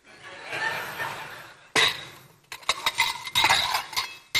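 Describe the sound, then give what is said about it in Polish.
Cutlery and dishes clink while being washed up, a soft rushing wash giving way to a busy run of bright, ringing metallic knocks and rattles, some sharp and loud. “Pora zmienić nasze życie i od dzisiaj to ty szorujesz sztućce.”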